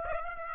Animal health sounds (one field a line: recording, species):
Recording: mosquito wingbeat signal from an infrared sensor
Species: Aedes aegypti